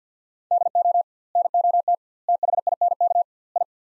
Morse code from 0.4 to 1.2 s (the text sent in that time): DO